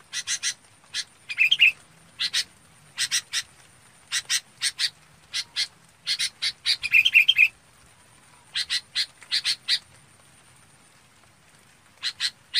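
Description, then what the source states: Red-whiskered bulbul giving quick runs of harsh chips, broken by two short warbling whistles, then a pause before a few final chips. Calling to its flock.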